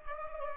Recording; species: mosquito wingbeat signal from an infrared sensor; Culex pipiens